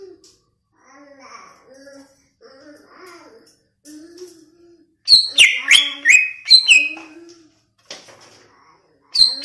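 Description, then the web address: Greater green leafbird song: soft low warbled phrases at first, then a loud burst of sharp descending whistled notes around the middle, with a short loud phrase at the end. Song of a greater green leafbird from Banyuwangi, described as gacor, meaning singing loudly and continuously. "cucak ijo banyuwangi"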